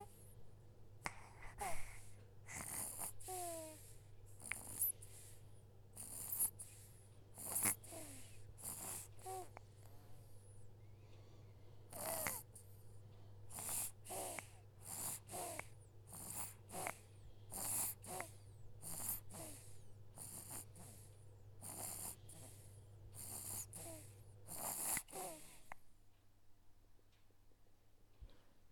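A sleeping baby snores with short, rapid snorting breaths, about 45 a minute, over a steady low hum.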